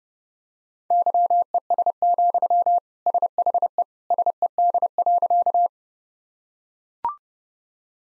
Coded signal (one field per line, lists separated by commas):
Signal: Morse code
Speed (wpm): 30 wpm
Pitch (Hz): 700 Hz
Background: none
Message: YES, SHE SED.